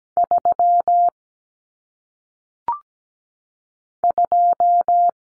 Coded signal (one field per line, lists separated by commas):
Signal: Morse code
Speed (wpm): 17 wpm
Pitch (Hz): 700 Hz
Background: none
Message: 3 2